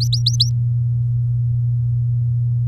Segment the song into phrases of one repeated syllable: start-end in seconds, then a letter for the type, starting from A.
0.01-0.50 A